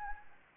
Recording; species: mosquito wingbeat signal from an infrared sensor; Anopheles arabiensis